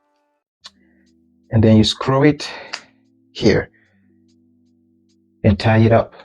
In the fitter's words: So you can say put this guy here. Here we get that click sound, and